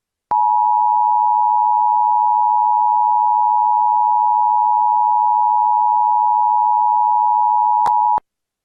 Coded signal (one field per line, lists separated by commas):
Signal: Emergency Alert System (SAME) tones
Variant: 853 and 960 Hz attention tone